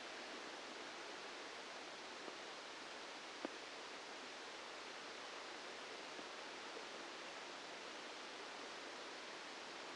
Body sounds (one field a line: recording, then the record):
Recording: brain microelectrode recording played as sound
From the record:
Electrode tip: outside the subthalamic nucleus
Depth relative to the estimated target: -3 mm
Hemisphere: left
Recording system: NeuroSet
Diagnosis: Parkinson's disease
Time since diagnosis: 8 years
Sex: male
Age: 65 years